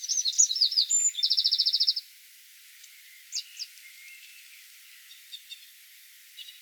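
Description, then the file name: Eurasian wren song: a burst of very high, rapid notes running into a fast, even trill, about two seconds in all, followed by a few faint scattered chips. "Troglodytes troglodytes"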